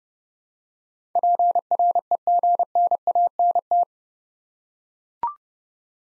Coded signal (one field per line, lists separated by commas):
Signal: Morse code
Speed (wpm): 30 wpm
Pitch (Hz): 700 Hz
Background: none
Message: PREGNANT